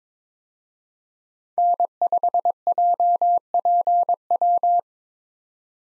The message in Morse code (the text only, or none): N5JPW